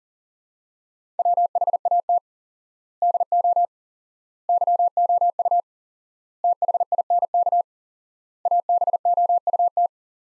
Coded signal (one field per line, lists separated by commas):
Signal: Morse code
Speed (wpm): 40 wpm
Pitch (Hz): 700 Hz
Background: none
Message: WHAT DO YOU THINK ABOUT